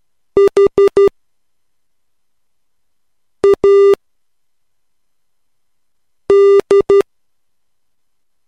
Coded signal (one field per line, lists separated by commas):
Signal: Morse code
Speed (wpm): 12 wpm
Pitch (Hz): 400 Hz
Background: none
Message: HAD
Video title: Morse Code Practice #2 - 3 wpm